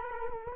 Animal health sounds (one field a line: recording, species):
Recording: mosquito wingbeat signal from an infrared sensor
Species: Culex quinquefasciatus